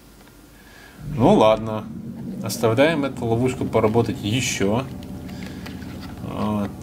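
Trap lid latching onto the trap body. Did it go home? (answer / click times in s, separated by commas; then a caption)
yes / 5.5 s, 5.7 s. Someone talks as a cardboard/plastic Forssite cockroach glue trap, in the stairwell of an apartment building in winter, is closed one-handed. Its lid snaps and latches onto the trap body with two short clicks at 5.5 s and 5.7 s, and the trap is shut.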